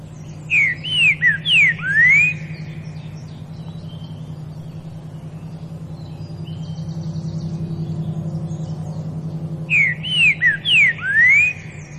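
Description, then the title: Green-winged saltator singing a clear whistled phrase of several down-slurred notes ending in a long rising whistle, repeated after a pause, over a steady low droning hum. Classic song used for training birds. "Canto Clássico Trinca Ferro TREINAMENTO"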